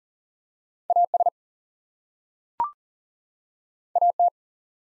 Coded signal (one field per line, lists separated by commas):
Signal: Morse code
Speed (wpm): 39 wpm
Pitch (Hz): 700 Hz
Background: none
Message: AS AT